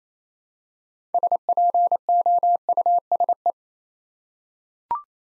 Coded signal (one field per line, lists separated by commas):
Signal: Morse code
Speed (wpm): 27 wpm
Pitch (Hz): 700 Hz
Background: none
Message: SPOUSE